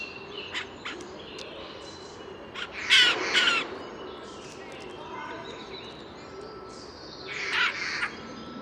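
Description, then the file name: Eurasian jay giving harsh, rasping screeches around three seconds in and again near the end, with fainter calls between. "Garrulus glandarius"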